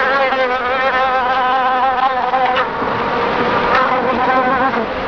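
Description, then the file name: Insect drone, a sustained buzzing hum whose tones waver up and down, with a few brief brighter flickers. "insetti insect"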